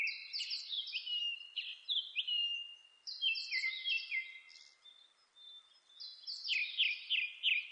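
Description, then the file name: Japanese thrush singing rapid phrases of clear, high whistled notes, many sliding downward, delivered in quick bursts with brief gaps between phrases. Recorded 26 April 2006. "060426 kurotugumi"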